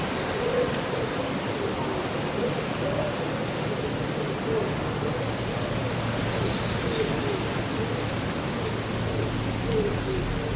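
Leaves rustle in a steady, dense hiss throughout, with a few faint, brief bird calls breaking through around the middle of the clip.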